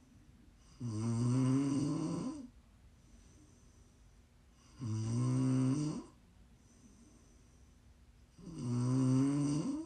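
ASMR snoring from an adult sleeper: three long, low-pitched, buzzy snores in ten seconds, about 16 a minute, with quiet breathing between them.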